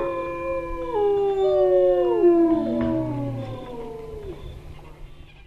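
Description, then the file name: Wolf: wolves howling together, several long smooth tones sliding downward and overlapping, one voice dropping low near the end, with a faint low rumble beneath. Several wolves howling at night. "Вой-волков-ночью"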